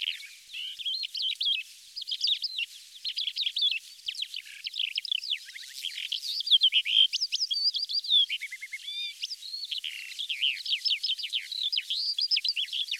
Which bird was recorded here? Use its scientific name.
Melanocorypha calandra